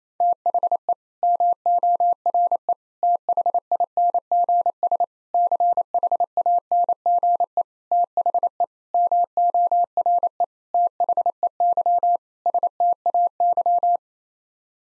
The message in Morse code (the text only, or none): THE MORE THINGS CHANGE THE MORE THEY STAY